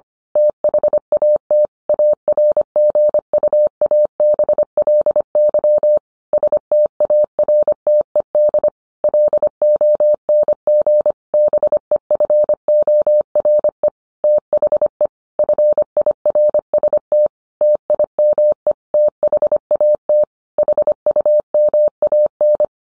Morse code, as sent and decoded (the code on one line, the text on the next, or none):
- .... .- - / .- .-. --. ..- .- -... .-.. -.-- / ... - .- .-. - . -.. / .-.. --- -. --. / -... . ..-. --- .-. . / - .... . / ..-. .. .-. ... - / - .. -- . / - .... .- - / .... ..- -- .- -.
THAT ARGUABLY STARTED LONG BEFORE THE FIRST TIME THAT HUMAN